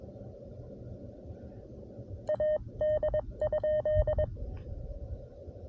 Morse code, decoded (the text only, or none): AD?